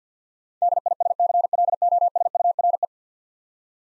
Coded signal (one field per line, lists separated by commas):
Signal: Morse code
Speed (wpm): 52 wpm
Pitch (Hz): 700 Hz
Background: none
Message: DISCLOSURE